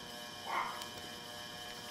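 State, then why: Not seated. Someone tries to close the small blue plastic locking tab on an ostomy pouch coupling on the flange after the pouch has been clicked on, but the tab fails to close. Over a steady low hum, there is only a brief soft rustle around 0.5–0.7 s. The tab has not closed or clicked.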